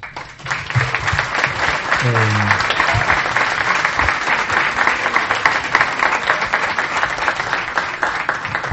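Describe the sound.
An audience breaks into loud, sustained applause for the women who organized the event, dense clapping that holds steady for several seconds, with a brief voice calling out near the start.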